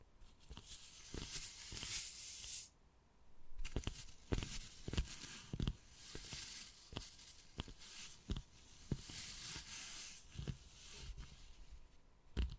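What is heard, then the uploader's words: Wood carving with a steady, hissing scrape broken by sharp irregular taps every second or so, and a brief pause near three seconds. ASMR Addictive Wood Carving, Tapping and Scratching Sounds (No Talking).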